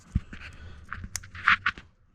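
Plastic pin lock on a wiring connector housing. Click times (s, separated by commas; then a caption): 1.2 s, 1.5 s. The plastic pin lock (terminal position assurance) on the bottom of the mirror harness connector for Kabuki Tech mirrors on a JZX100 Chaser is pushed down until it latches. Sharp plastic clicks sound at 1.2 s and 1.5 s, among softer handling and rustling noises. The pin lock is snapped down and seated.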